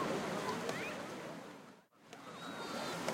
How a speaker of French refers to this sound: On a bien sauté dans les vagues, mais elles étaient tellement fortes qu'on pouvait pas nager.